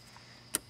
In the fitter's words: just make sure that both of those make that nice good click and then you can just kind of stash it down